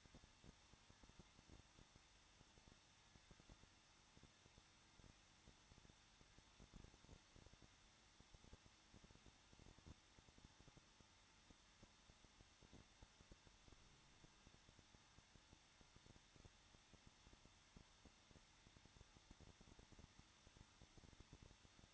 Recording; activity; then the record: daily activity, microphone in the room; no activity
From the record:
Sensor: 3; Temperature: 21.2 degrees Celsius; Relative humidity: 36.5%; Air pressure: 1006.4 hPa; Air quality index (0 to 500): 224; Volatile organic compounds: 44 ppm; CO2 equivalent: 3211 ppm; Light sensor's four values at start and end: 2/3/2/2 and 2/3/2/2